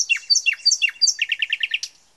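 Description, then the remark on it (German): A bird sings alone: a few sharp, high descending chirps followed by a quick, even trill of about seven notes, then a final bright chirp before it falls silent. “Wie viele Vögel gibt es auf der Welt? Sehen sie alle aus wie du?”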